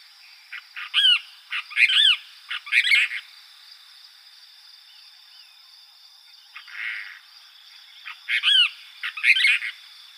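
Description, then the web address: Cassin's kingbird calls: bursts of loud, burry, chattering notes rising then dropping, in two clusters several seconds apart, with a constant high-pitched hum throughout. Arizona, 13 July 2006. "Flycatchers AZFO CAKI 6 B deviche 071306"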